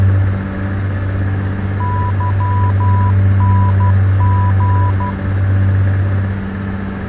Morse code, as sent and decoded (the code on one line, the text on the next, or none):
-.-- -. --.
YNG